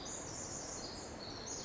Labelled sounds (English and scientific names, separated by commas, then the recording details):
Pacific Wren (Troglodytes pacificus)
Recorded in Sonoma County, California